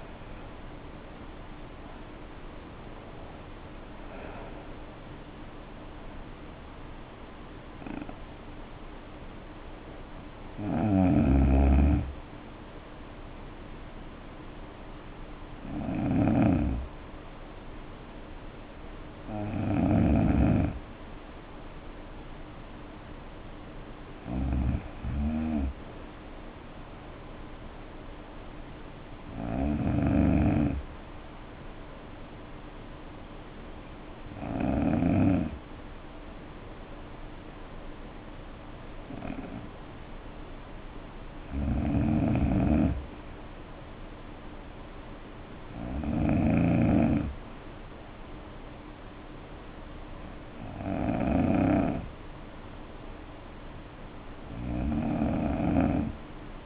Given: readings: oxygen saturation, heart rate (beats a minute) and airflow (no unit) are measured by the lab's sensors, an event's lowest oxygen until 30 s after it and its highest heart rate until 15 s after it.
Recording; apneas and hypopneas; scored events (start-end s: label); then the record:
breathing in sleep by a voice recorder at the bedside; 1
17.00-41.00 s: hypopnea (N2, oxygen 94% highest, then 90% lowest, heart rate 61 at the start, 65 highest)
From the record:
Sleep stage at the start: N2 (light sleep); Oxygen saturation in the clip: 78 to 94%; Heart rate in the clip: 57 to 75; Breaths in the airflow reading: 11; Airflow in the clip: -9.7 to 6.9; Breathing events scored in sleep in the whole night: 520 in 7.2 hours asleep